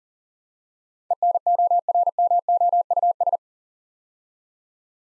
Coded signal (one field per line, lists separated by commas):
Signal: Morse code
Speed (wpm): 40 wpm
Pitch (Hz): 700 Hz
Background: none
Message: ENORMOUS